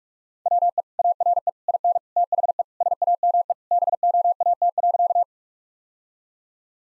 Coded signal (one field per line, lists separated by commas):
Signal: Morse code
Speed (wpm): 46 wpm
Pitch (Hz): 700 Hz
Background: none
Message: WE ARE IN THE SAME BOAT.